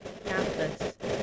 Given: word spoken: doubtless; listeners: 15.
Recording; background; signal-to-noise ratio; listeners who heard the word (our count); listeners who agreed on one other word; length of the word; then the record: one English word in noise, from a listening test; noise modulated by three-talker babble; -3.9 dB; 2 of 15; 6 of 15; 0.83 s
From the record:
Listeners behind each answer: 6, 2, 2, 1, 1, 1, 1, 1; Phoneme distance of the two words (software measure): 40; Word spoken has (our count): 2 syllables, 6 phonemes, stress on syllable 1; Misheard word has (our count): 2 syllables, 6 phonemes, stress on syllable 1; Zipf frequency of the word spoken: 2.87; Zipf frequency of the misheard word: 3.58